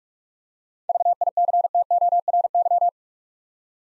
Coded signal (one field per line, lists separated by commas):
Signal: Morse code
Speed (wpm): 46 wpm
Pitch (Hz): 700 Hz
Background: none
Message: VICTORY